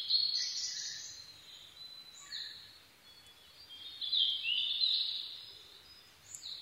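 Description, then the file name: Blue-and-white flycatcher song: two bright whistled phrases with a pause between. Recorded 22 May 2011 at 04:34. "ooruri-20110522-0434"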